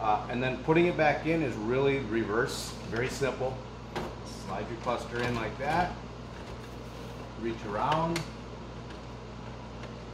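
While reinstalling the instrument cluster in a 2005 Silverado, Sierra, Tahoe, Suburban or Yukon, the cluster slides into the dash and a hand reaches around behind it to find and line up the wiring harness plug, with faint handling and sliding sounds. Someone talks throughout, and the plug has not seated or clicked yet.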